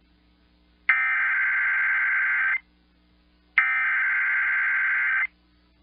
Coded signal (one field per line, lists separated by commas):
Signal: Emergency Alert System (SAME) tones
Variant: header bursts